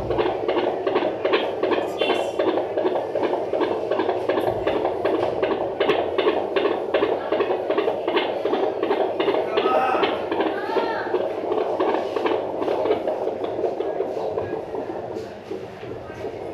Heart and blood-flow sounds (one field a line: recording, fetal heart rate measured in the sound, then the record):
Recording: fetal heartbeat by stethoscope microphone, probably a fetal Doppler's sound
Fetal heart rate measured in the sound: 159 bpm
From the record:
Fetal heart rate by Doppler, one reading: 145 bpm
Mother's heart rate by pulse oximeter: 100 bpm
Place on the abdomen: right side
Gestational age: 36+ weeks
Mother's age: 26 years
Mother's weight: 72 kg